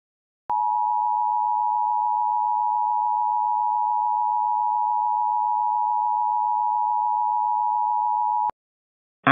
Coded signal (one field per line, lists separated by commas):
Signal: Emergency Alert System (SAME) tones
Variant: 853 and 960 Hz attention tone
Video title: EAS mock: Solaria Chaos